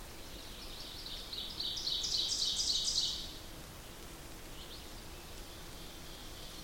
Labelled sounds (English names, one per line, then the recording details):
Ovenbird song
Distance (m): 35 m
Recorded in boreal forest in Alberta, Canada, on 8 June 2016 at 08:41
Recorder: SongMeter 3, array SBT-3-9
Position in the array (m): 51 m, 111 m
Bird 33